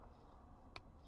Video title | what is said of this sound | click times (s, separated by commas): Tutorial Cara Buka Stereng Proton Saga VVT. #prosteering #proton #saga #sagavvt #sagacvt | Okey sampai dia bunyi klik. | 0.8 s